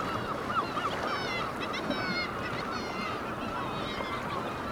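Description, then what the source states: Black-legged kittiwakes giving nasal, up-and-down wavering calls in short bursts, several birds overlapping above a constant rushing background. Recorded at Dunbar.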